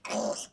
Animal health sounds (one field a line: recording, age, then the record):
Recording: pig call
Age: piglet (1 to 25 days)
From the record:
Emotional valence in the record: negative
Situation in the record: restrain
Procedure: back test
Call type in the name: low-frequency call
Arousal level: low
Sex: female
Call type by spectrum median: low-frequency call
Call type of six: low-frequency stable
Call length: 0.53 s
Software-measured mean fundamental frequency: 79 Hz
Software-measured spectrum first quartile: 549 Hz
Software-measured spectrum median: 1281 Hz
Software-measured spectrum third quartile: 5329 Hz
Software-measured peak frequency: 584 Hz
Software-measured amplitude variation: 211 dB a second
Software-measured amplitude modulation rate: 19.0 a second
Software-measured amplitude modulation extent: 11.1 dB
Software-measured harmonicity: 3.3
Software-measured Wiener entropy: -2.49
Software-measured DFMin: 1027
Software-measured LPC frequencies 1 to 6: 603, 2388, 2993, 4927, 5551, 6153 Hz